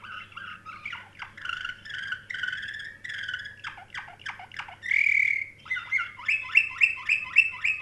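Canary song with a run of sharp downward notes, then a bright rolling trill and fast repeated chirps toward the end; faint low hum throughout.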